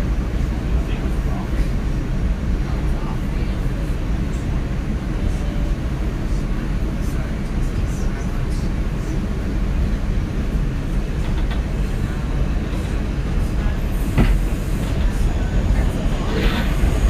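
A steady low rumble of a subway train fills the space, with faint clatter, a sharp click near fourteen seconds, and murmured voices.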